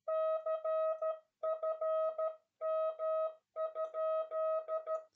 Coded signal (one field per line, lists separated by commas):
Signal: Morse code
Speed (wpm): 12 wpm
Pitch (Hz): 640 Hz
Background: music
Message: CFM?